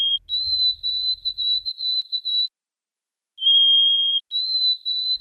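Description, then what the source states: White-throated Sparrow song: clear, pure whistles, with a lower held note rising to a higher series of stuttered notes, given twice with a short silence between. The ascending song version, equally common; the species winters sparsely on the Cape and migrates through in April and early May.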